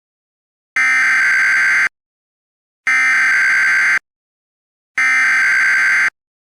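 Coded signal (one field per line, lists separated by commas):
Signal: Emergency Alert System (SAME) tones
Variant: header bursts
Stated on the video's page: Fictional EAS scenario based on a webcomic, not a real alert.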